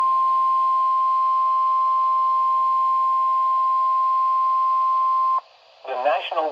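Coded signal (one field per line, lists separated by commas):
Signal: Emergency Alert System (SAME) tones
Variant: 1050 Hz attention tone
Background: speech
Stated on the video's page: Severe thunderstorm warning received from a weather radio station.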